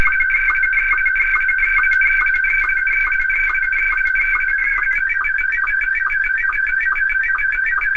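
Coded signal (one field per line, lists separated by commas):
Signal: SSTV (slow-scan television)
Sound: warbling tones jumping between two pitches, with a short low chirp about twice a second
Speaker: last but not least, let's talk about slow scan television again. This is what it sounds like. Ready?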